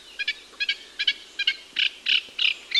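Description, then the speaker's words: Eurasian reed warbler song: short scratchy chattering phrases of doubled or repeated notes, given in a steady series. Males sing from arrival in mid-April, summer migrants; persistent, scratchy song in reed beds with breeze through the reeds, a defining sound of summer; Norfolk. "but their persistent, scratchy song, rising above the gentle whispering of the breeze through the reeds, is such a defining sound of summer."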